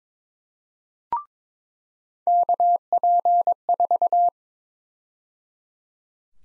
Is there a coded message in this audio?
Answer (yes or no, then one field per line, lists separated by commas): yes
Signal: Morse code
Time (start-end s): 2.3-4.3 s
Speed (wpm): 22 wpm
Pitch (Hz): 700 Hz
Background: none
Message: KP4